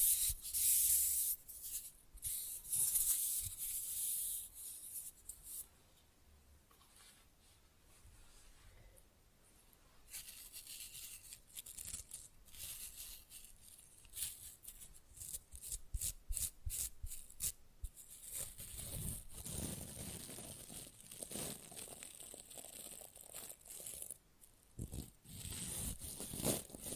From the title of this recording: Fast & Rough Nail Filing + Tapping